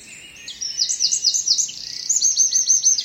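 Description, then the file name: Eurasian wren song, a high, rapid run of trilled notes starting after a brief pause, shifting into a fast rattling trill near the end. "Troglodytes troglodytes"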